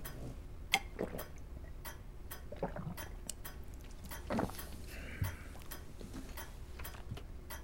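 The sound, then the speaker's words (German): Quiet sips of water with faint gulps and small clicking mouth and glass sounds scattered irregularly over several seconds, with no talking. “Nochmal einen Schluck Wasser.”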